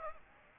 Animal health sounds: mosquito wingbeat signal from an infrared sensor; Aedes aegypti

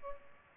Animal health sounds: mosquito wingbeat signal from an infrared sensor; Culex pipiens

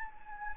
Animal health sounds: mosquito wingbeat signal from an infrared sensor; Anopheles gambiae

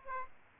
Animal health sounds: mosquito wingbeat signal from an infrared sensor; Aedes aegypti

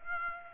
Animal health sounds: mosquito wingbeat signal from an infrared sensor; Aedes aegypti

